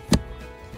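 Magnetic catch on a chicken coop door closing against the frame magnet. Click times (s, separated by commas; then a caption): 0.1 s. A small wooden chicken coop door is swung closed, and the magnet on the back of the door snaps onto the matching magnet on the frame. A single sharp, bright click sounds at 0.1 s over a low, quiet background, and the catch holds the door shut.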